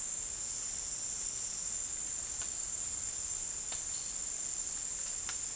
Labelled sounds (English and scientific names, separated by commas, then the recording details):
none
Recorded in dense forest near Puerto Asís, Putumayo, Colombia, on 9 March 2025 at 14:30
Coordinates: 0.499, -76.324
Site GP03